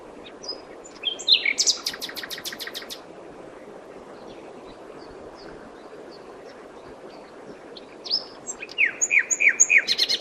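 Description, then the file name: Common nightingale song: a burst of sharp clicks and whistles early on, a quiet pause, then a fast run of repeated chirping notes near the end. "Luscinia megarhynchos"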